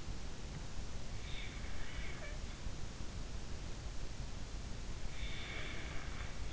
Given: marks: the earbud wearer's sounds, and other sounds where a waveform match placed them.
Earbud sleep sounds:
sounds in sleep by an in-ear microphone; snoring breath
1.31-2.44 s: snoring breath
4.81-6.53 s: snoring breath

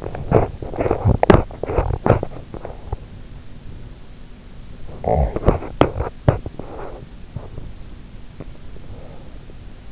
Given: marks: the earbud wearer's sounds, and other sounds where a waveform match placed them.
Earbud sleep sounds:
sounds in sleep by an in-ear microphone; teeth grinding, breath
0.00-3.17 s: teeth grinding
4.81-7.56 s: teeth grinding
5.04-5.74 s: breath
8.77-9.51 s: breath

